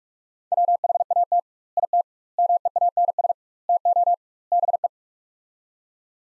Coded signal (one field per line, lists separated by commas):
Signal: Morse code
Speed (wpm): 41 wpm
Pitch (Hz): 700 Hz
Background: none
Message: WHAT IT MEANS TO BE